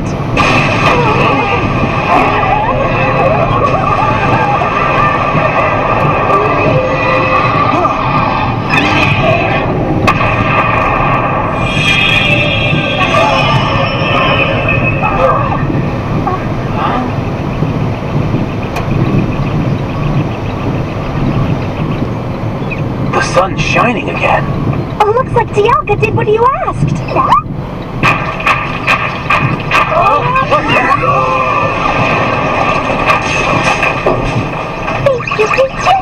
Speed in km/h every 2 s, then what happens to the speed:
112, 113, 112, 113, 110, 113, 112, 112, 112, 113, 112, 111, 105, 103, 100, 98, 95, 89.
0-21 steady at about 112. 21-36 slows to 89.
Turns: none.